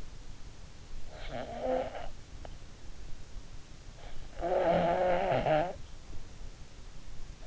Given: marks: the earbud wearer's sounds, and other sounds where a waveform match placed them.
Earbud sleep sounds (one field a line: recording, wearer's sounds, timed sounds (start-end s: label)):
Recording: sounds in sleep by an in-ear microphone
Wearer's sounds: snoring breath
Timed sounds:
1.06-2.52 s: snoring breath
4.31-5.80 s: snoring breath